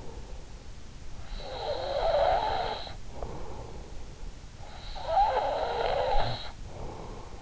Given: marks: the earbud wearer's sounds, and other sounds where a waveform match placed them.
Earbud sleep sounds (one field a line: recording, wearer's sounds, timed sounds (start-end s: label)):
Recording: sounds in sleep by an in-ear microphone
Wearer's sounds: snoring breath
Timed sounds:
0.64-3.44 s: snoring breath
4.53-7.27 s: snoring breath